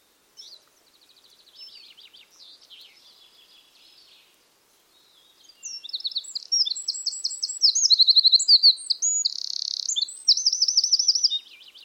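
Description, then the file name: Eurasian wren song: soft, thin warbling at first, then after a pause a loud, fast run of high trills and a buzzy rattle lasting about six seconds. "Troglodytes troglodytes"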